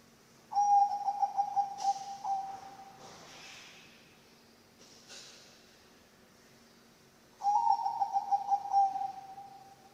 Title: mster Mnuk. SUARA OCEHAN BURUNG PERKUTUT BANGKOK Untuk MASTERAN dan PANCINGAN